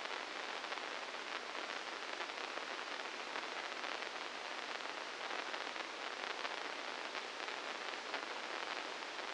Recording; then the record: brain microelectrode recording played as sound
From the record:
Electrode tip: inside the subthalamic nucleus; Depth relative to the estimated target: -1 mm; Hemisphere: left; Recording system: NeuroSet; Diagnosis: Parkinson's disease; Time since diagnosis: 15 years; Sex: female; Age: 59 years